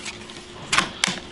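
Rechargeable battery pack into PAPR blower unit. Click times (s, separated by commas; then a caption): 1.0 s. A rechargeable lithium-ion battery pack is slid along its contacts into the blower unit of a Miller Electric T94i-R powered air purifying respirator. A brief scraping slide at about 0.7 s is followed by a sharp click at 1.0 s as the pack latches and seats in place.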